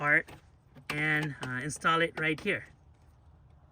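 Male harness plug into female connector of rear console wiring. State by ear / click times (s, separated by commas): not seated / none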